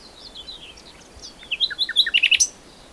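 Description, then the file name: Common nightingale song: faint high notes build into a loud burst of quick, downward-sweeping whistled notes before stopping. "Luscinia megarhynchos"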